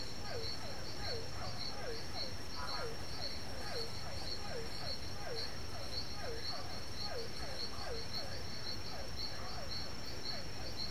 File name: Sapos diferentes, cigarras, grilos no mato a noite com chuva no fundo